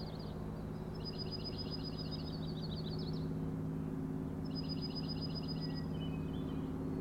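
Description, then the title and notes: Common nighthawk producing two rattling bursts of quick high pulses, each lasting about two seconds with a pause between, over steady low humming. Three birds, June 16 2017, 4am, Schoodic Head overlook, Acadia National Park, Winter Harbor, Maine; flying close formation, rattling, passing very close to recordist. "Common Nighthawks, Schoodic Head 061617 4am. 3 common nighthawks making peenting calls and wings booms but also a rattling noise at the Overlook (410 ft) on Schoodic Head (435 feet) Schoodic division Acadia National Park Winter Harbor, ME"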